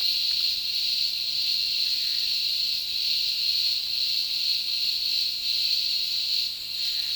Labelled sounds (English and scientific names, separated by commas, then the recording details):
none
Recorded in dense forest near Puerto Asís, Putumayo, Colombia, on 20 February 2024 at 11:00
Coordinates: 0.502, -76.324
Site G6370